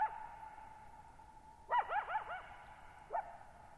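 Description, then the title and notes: Coyote giving a fast series of wobbling, yipping howl notes, then a single short yip, with a lingering echo throughout. Lone coyote at night, July 14, 2019, Thirtymile Meadows, Okanogan National Forest, Okanogan High Country, 6400 ft; dry high plateau, bowl-shaped meadow, boggy ground, very quiet, highly reverberant. "Lone Coyote at Thirtymile Meadows. I spent the night of July 14, 2019, camped near Thirtymile Meadows in the Okanogan National Forest at 6400 ft (1950 m)"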